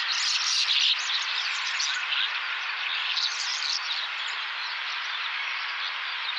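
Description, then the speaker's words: Common Starling flock chatter, a steady roar of overlapping squeaks, rattles and whistles, slightly louder in the first second, then evenly sustained. Large group of starlings, a mix of two West Clare groups at Loophead and Lisheen Feroor; each bird seems to do its own thing, but together they make a huge, seemingly frenzied sound. "Here we will hear a mix of two West Clare groups. One at Loophead, the other at Lisheen Feroor."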